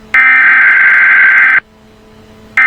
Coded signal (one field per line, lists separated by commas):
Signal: Emergency Alert System (SAME) tones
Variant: header bursts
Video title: USA EAS CYCLONE ALERT SYSTEM⚠️(MAKE BY CAPTAINARYAKX) and is just a test/not real